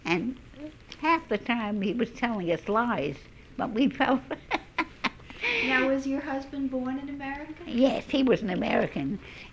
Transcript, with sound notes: And half the time he was telling us lies, but we fell for it. ( she laughs )
Now, was your husband born in America?
Yes, he was an American.